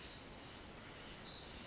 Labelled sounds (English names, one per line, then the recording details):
Pacific Wren
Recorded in Sonoma County, California